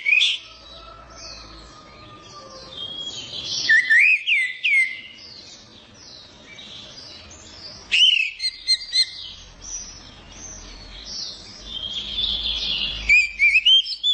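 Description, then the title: Orange-headed thrush song: three loud bursts of twisting whistled notes over continuous high chattering in the background. Kicau mania songbird-hobby bird, called a champion, described as gacor (singing persistently), teler and doyong in style. "Kicau Mania Suara Burung Anis Merah Gacor Teler Doyorng Juara"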